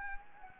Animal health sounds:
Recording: mosquito wingbeat signal from an infrared sensor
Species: Anopheles gambiae

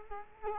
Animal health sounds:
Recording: mosquito wingbeat signal from an infrared sensor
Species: Culex quinquefasciatus

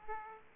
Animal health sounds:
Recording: mosquito wingbeat signal from an infrared sensor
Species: Aedes aegypti

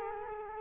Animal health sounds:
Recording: mosquito wingbeat signal from an infrared sensor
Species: Culex quinquefasciatus

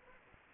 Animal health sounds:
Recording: mosquito wingbeat signal from an infrared sensor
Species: Anopheles arabiensis

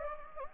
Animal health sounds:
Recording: mosquito wingbeat signal from an infrared sensor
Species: Anopheles gambiae

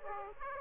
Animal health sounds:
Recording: mosquito wingbeat signal from an infrared sensor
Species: Aedes aegypti

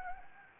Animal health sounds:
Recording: mosquito wingbeat signal from an infrared sensor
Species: Anopheles gambiae

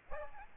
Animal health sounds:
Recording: mosquito wingbeat signal from an infrared sensor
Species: Aedes albopictus

